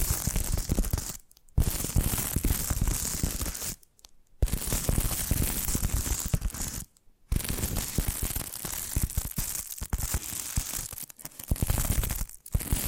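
Dense, rapid tapping and scratching fill the clip, a busy crackly texture with papery, tearing-like crinkles and bright upper edges. It stops in short silent gaps near 1, 4, 7 and 12.5 seconds, then resumes at much the same level each time.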